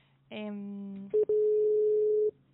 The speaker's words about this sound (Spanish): Vamos a bloquear el teléfono y volver sí. a llamar. Ahí estamos llamando nuevamente. Haciendo todo en vivo.